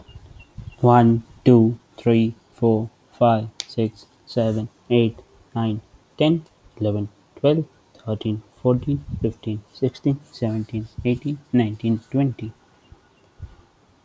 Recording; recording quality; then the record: counting at a normal pace; excellent, no background noise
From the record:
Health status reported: healthy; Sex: male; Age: 25 years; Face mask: not worn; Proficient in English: yes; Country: India